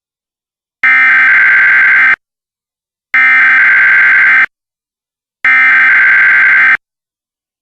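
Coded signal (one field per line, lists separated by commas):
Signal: Emergency Alert System (SAME) tones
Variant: header bursts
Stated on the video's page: Real child abduction alert relayed for Texas emergency management.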